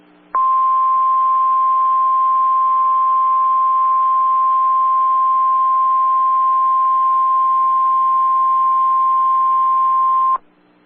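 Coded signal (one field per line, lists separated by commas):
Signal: Emergency Alert System (SAME) tones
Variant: 1050 Hz attention tone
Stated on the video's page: Real tornado warning EAS recorded in Oklahoma City during a tornado outbreak.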